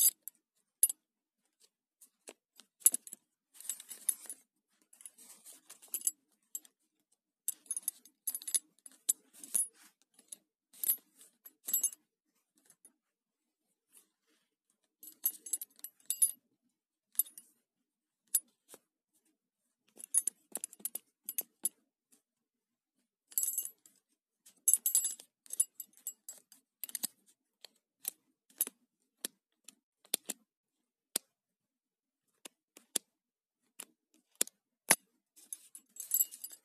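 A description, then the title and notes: A belt clinks and rattles in irregular bursts of bright metallic jingling, with brief quiet gaps around 13 and 18 seconds. ASMR - Belt sounds.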